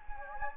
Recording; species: mosquito wingbeat signal from an infrared sensor; Anopheles gambiae